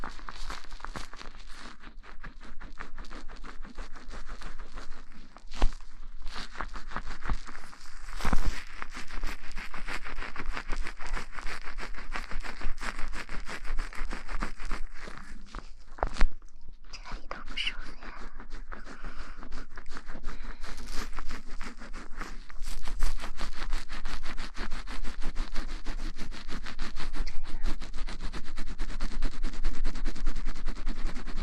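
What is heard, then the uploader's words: Hair is washed with shampoo, fingers scratching and massaging the scalp. Dense, fast crackling and squishing of lather runs throughout, with brief pauses near 6 and 16 seconds and a few sharper rubs. The scrubbing grows slightly louder toward the end. Shampoo wash hair.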